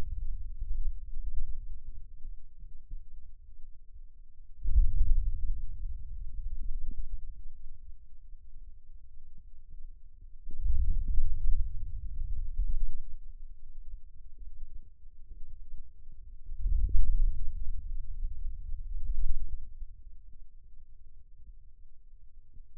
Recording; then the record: forearm muscle sounds (acoustic myography)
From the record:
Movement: hand opening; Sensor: system 2, bracelet of six BSWA MPA416 microphones around the upper forearm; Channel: 1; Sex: male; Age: 22 years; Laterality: right